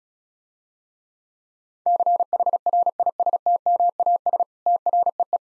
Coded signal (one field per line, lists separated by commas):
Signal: Morse code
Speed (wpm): 36 wpm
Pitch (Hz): 700 Hz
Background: none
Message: CHRISTMAS TREE